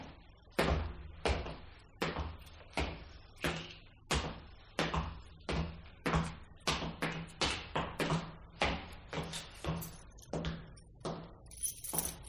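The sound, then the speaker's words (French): A small iron door on the quai Saint-Landry is unlocked with a key and worked open: a long run of sharp metallic clanks and rattles, about two per second, loud and uneven, over a low steady hum, with no voices. “Voici la petite porte de fer. Permettez, monsieur l'abbé, j'en tiens la clé.”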